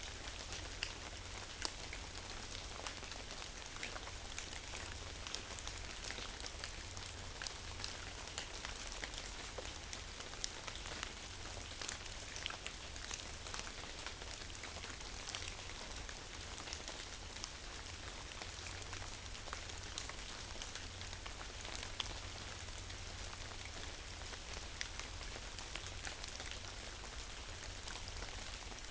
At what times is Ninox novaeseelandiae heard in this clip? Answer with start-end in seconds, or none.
none